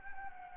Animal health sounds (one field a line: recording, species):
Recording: mosquito wingbeat signal from an infrared sensor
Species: Anopheles gambiae